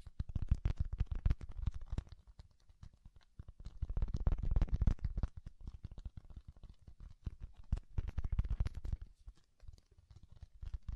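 Soft, fluffy ear-tingle triggers: dense, irregular brushing and crackly taps with muffled low thumps, swelling in bursts around four and eight seconds.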